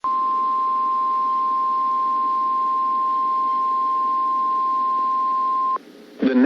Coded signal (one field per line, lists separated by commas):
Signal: Emergency Alert System (SAME) tones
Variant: 1050 Hz attention tone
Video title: Sioux Falls South Dakota Tornado Warning EAS #8 12 15 21